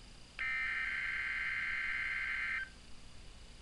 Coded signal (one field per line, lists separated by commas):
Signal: Emergency Alert System (SAME) tones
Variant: header bursts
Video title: weekly test NOAA weather radio